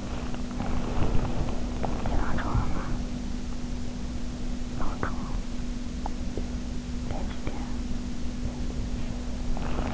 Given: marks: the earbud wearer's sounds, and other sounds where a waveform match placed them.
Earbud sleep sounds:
sounds in sleep by an in-ear microphone; body movement, breath
0.00-1.79 s: body movement
0.50-0.86 s: breath
2.32-3.05 s: breath

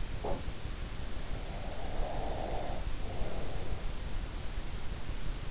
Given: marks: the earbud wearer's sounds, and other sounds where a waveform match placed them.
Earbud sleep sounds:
sounds in sleep by an in-ear microphone; breath
1.80-3.99 s: breath

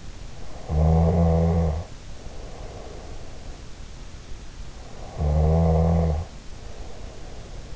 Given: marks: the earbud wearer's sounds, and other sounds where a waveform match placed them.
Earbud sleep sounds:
sounds in sleep by an in-ear microphone; snoring breath
0.46-3.56 s: snoring breath
4.98-7.76 s: snoring breath

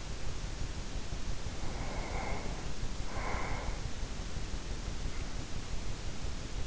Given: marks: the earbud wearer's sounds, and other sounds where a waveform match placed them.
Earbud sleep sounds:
sounds in sleep by an in-ear microphone; breath
1.37-4.19 s: breath

